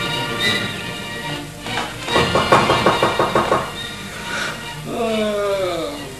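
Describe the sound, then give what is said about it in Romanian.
A quick run of about eight evenly spaced, moderately loud knocks on a wooden door, followed by a short stretch of someone speaking. “Cine bate în ușa?”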